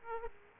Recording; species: mosquito wingbeat signal from an infrared sensor; Aedes aegypti